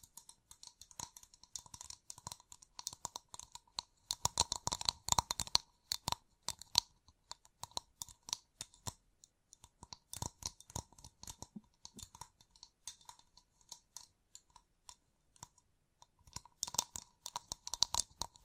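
Fingertips covered in gems tap and scratch in quick, uneven bursts of sharp clicks and rattles. The clicking comes densest around five seconds and again near seventeen, with brief quiet gaps between clusters. A faint steady tone hums underneath throughout.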